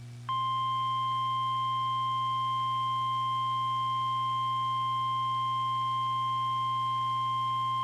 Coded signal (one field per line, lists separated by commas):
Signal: Emergency Alert System (SAME) tones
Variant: 1050 Hz attention tone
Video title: Severe T-Storm Warning (EAS #7) 5/18/13